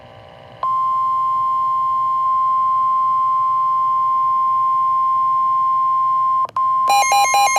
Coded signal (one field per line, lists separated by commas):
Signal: Emergency Alert System (SAME) tones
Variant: 1050 Hz attention tone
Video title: EAS #5 - Severe Thunderstorm Warning (May 30, 2024)